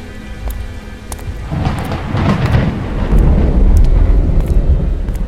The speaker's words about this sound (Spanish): Los relámpagos brillaban en el cielo y el ruido sordo de los truenos retumbaba en las estrechas callejuelas.